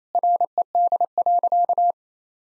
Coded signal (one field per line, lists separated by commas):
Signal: Morse code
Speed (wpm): 28 wpm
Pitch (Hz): 700 Hz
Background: none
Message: RED.